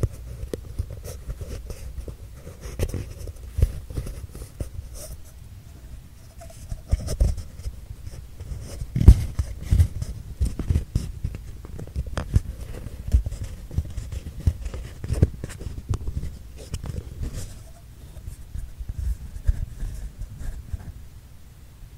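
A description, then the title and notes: A paper tube is handled and tapped, giving a busy run of hollow, low thumps and light patters that continue almost without pause. The knocks come irregularly, with a sharper hit near nine seconds and a quieter stretch around six seconds. PAPER TUBE SOUND ASMR.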